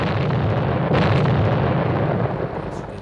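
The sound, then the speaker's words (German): A demolition explosion blasts a bunker at exactly 11 o'clock: a loud, deep, sustained roar with a sharper burst about a second in, then heavy rumbling that slowly eases off. “Als der Qualm der Explosion sich verzog von der Kulisse, zeigten sich zum Glücke schon an der einen Ecke Risse.”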